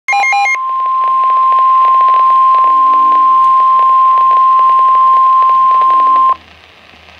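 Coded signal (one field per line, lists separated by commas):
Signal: Emergency Alert System (SAME) tones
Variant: 1050 Hz attention tone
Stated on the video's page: Severe thunderstorm warning relayed as an EAS activation from the National Weather Service.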